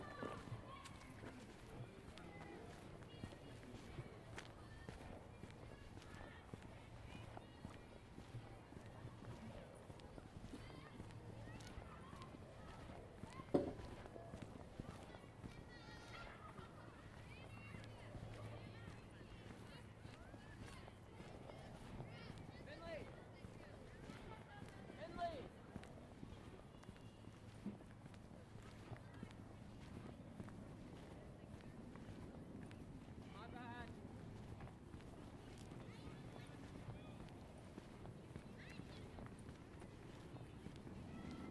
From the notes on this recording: stroll in the neighborhood of the Tintinabulary, Seattle